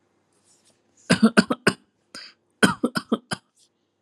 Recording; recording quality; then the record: shallow voluntary cough; excellent, no background noise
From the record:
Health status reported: healthy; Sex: male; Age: 28 years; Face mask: not worn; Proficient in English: yes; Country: India